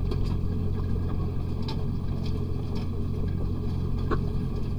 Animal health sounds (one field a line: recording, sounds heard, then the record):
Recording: poultry house recording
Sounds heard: sick chickens (respiratory disease)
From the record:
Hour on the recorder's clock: 1